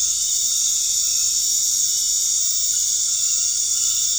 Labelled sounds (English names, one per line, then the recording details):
none
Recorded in dense forest near Puerto Asís, Putumayo, Colombia, on 13 March 2025 at 20:00
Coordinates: 0.485, -76.318
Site G056